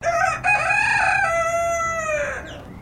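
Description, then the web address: Silkie chicken crowing once, a long drawn-out cock-a-doodle-doo that falls in pitch at the end. Silkie chicken crow, described as distant. "Sound Effects-Foundation 1 BIRD CHICKEN SILKIE CROW DISTANT"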